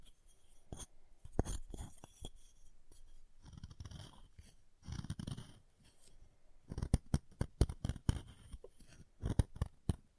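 Chalk being carved and cut, with sharp scraping clicks and short snapping strokes scattered through the clip. Rougher rasping passages appear around two, four and five seconds, then a quick run of crisp clicks clusters between seven and eight seconds and again near nine.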